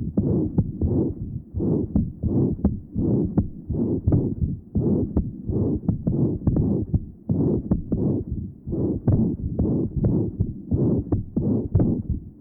Patient has severe mitral insufficiency. Pan-systolic murmur taken at the mitral area, the opening snap, and the loud third sound followed by a short diastolic murmur in this area.